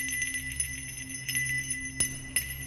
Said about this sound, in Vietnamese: Lúc này ở trong nhà, lão Khá bắt đầu lắc chuông leng ca leng keng. Lão nhảy bổ ra bên ngoài. Tiếng chuông lập tức kích hoạt trận pháp.